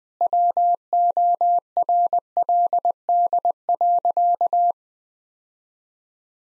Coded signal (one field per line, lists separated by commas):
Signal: Morse code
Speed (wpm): 21 wpm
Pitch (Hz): 700 Hz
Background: none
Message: WORLD.